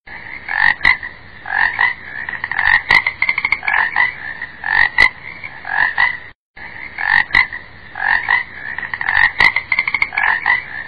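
Frog croaking in a rapid, uneven series of short, rattling notes, with bursts clustered together and brief pauses between runs.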